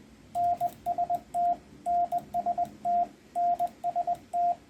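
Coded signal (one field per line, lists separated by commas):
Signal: Morse code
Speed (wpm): 21 wpm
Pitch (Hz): 700 Hz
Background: radio noise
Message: NST NST NST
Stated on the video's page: CW antenna test transmissions reported by Reverse Beacon Network skimmers.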